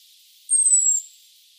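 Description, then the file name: Common blackbird giving one thin, very high, drawn-out whistle that slides slightly downward over about half a second, with quiet before and after. "Turdus merula"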